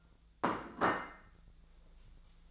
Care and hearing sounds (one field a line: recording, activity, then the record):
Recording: daily activity, microphone in the room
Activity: place plate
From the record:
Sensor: 3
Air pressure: 1000.3 hPa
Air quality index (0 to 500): 141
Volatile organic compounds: 2 ppm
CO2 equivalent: 1249 ppm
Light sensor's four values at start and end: 30/74/32/35 and 35/88/37/40